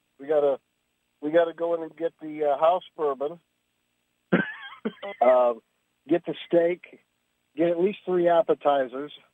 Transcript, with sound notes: We gotta, we gotta go in and get the, uh, house bourbon. (laughs) Um, get the steak, get at least three appetizers,